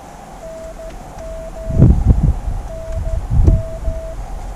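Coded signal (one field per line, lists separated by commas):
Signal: Morse code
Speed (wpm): 13 wpm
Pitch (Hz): 650 Hz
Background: none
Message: NM NM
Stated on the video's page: QRP CW Parks on the Air activation from a hilltop in a national forest, using portable gear.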